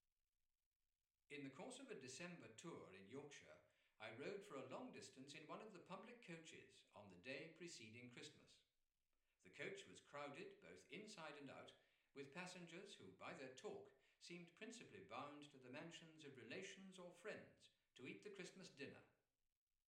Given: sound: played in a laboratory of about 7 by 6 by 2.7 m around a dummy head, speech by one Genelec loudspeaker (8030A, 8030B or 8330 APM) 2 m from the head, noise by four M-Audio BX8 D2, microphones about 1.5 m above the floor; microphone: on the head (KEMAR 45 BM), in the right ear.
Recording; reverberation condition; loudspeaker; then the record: male speech in English; medium; 60 degrees to the right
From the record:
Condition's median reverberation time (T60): about 510 ms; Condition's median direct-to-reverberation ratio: about -0.5 dB